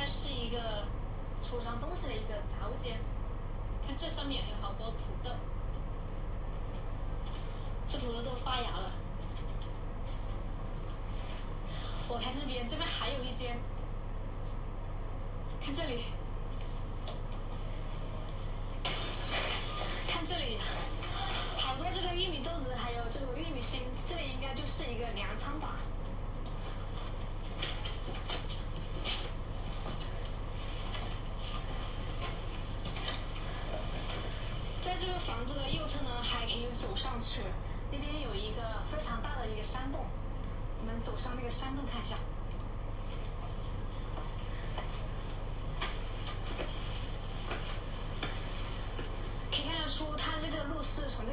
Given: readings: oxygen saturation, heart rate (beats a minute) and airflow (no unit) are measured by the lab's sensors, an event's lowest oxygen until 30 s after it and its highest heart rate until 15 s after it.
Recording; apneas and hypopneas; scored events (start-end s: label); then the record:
a person awake in a sleep study, by a smartphone at the bedside; none
0.00-51.33 s: awake
From the record:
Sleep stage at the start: awake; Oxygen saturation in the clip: 93 to 94%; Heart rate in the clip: 60 to 65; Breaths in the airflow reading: 17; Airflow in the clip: -5.6 to 5.6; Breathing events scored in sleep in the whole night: 476 in 9.7 hours asleep